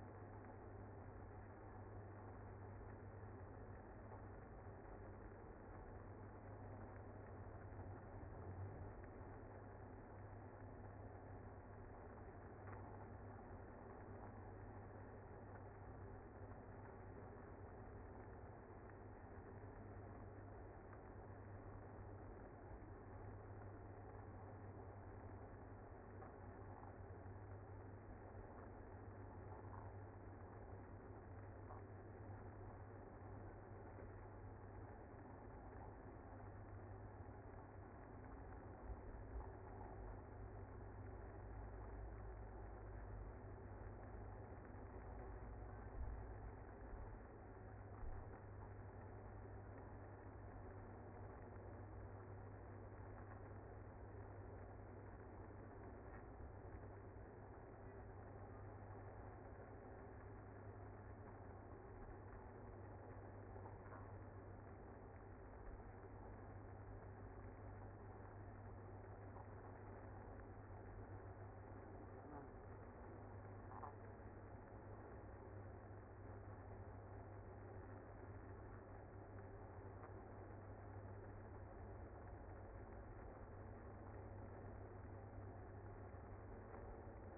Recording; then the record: honeybee colony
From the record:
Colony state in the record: active